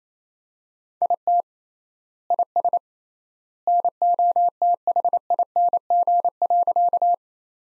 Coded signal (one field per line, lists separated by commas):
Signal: Morse code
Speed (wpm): 28 wpm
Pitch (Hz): 700 Hz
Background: none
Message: IT IS NOTHING.